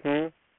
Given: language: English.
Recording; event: throat vibration sensor signal played as sound; speech